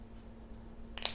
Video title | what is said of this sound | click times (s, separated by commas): Mise sous pochette ou capsule | hop, ça clipse. | 1.0 s, 1.1 s